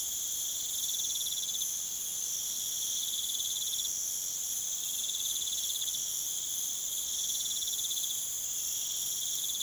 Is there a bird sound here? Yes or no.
no